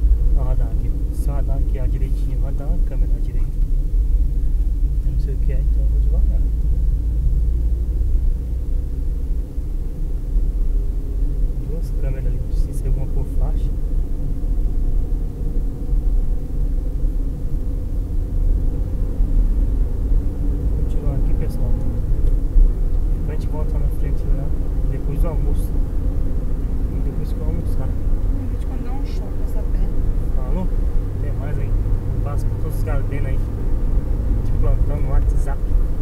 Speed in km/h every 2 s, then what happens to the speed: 42, 31, 30, 33, 37, 40, 42, 45, 47, 53, 60, 63, 68, 73, 77, 80, 82, 82.
0-2 brakes to 31. 4-36 speeds up to 82.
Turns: none.